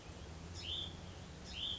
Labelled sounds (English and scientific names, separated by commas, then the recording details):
Hutton's Vireo (Vireo huttoni)
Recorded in Sonoma County, California